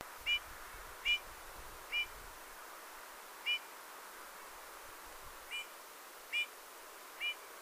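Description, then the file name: Eurasian bullfinch giving soft, piping whistled calls. Seven short notes come at uneven intervals, over faint low rumble and background hiss. "Pyrrhula pyrrhula"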